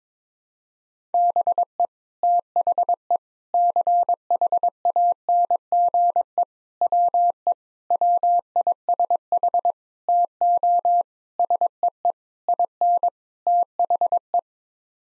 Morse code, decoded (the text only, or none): BE THE CHANGE WE WISH TO SEE IN THE